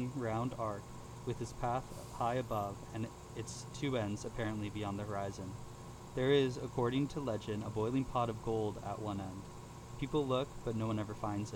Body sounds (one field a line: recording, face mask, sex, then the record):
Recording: reading aloud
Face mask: surgical mask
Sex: male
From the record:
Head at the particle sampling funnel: tilted down, bridge of the nose in front of it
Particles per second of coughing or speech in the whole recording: 0.135